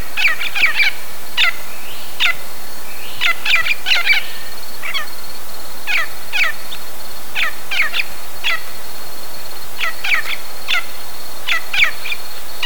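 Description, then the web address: Bird gives repeated rasping, chattering notes in uneven bursts throughout, some clusters close together, others spaced by a second or more, over a faint continuous high tone. "BIRD 2015 SABIOD 50 bird 2015"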